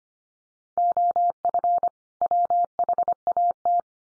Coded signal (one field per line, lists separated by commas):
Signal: Morse code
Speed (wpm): 25 wpm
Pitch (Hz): 700 Hz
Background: none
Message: OF WHAT